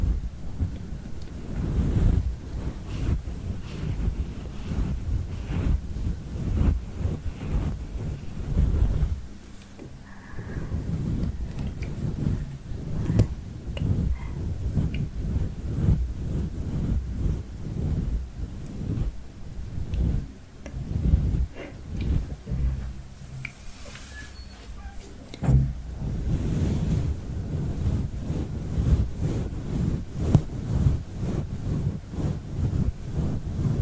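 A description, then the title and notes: A head massage: steady, dense rubbing and scratching of hair and scalp, heavy in the low end with a rough, wind-like rumble. Quick strokes repeat almost continuously, easing briefly around 10 seconds and again near 24 seconds before picking back up. Girl brushes your hair ASMR personal attention, invisible scratching, head massage.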